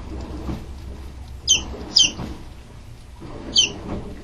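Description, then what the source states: Chicken chicks giving shrill, piercing peeps, two close together then a third after a pause, above a low mechanical hum and churning. Chicks peeping near a running washing machine.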